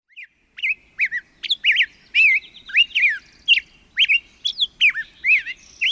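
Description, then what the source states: Black-headed Grosbeak song: a rich run of short, slurred, whistled phrases rising and falling, delivered rapidly with brief pauses, clear and unaccompanied. A western species, closely related to the rose-breasted grosbeak.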